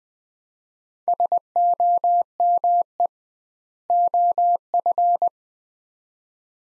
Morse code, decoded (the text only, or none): SOME OF